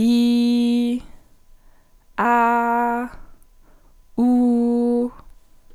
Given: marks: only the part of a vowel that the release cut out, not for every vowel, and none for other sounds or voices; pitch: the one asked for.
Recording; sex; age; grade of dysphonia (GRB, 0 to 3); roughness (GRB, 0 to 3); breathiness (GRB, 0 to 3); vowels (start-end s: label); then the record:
sustained vowels; female; 18 to 19 years; 0; 0; 0
0.00-0.91 s: vowel /i/, normal pitch
2.27-2.97 s: vowel /a/, normal pitch
4.22-5.01 s: vowel /u/, normal pitch
From the record:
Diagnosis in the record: healthy voice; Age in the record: 19 years